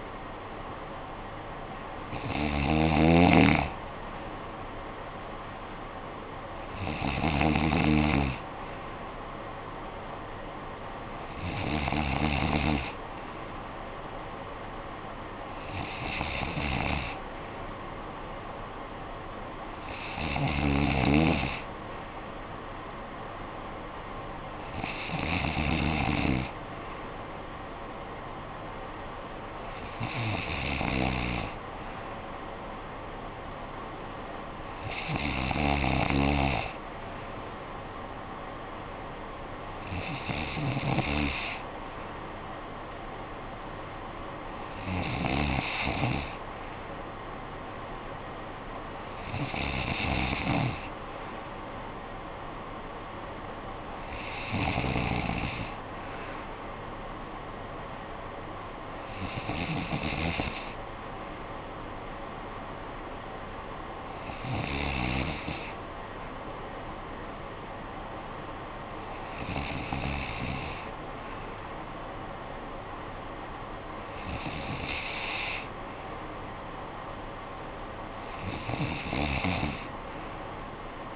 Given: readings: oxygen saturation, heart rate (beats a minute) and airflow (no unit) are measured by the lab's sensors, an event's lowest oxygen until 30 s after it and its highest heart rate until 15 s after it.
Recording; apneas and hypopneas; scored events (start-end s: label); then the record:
breathing in sleep by a voice recorder at the bedside; none
none scored
From the record:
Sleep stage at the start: N2 (light sleep); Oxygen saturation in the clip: 93 to 94%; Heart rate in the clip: 53 to 61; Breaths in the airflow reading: 17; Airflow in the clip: -11.4 to 7.2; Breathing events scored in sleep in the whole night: 445 in 7.6 hours asleep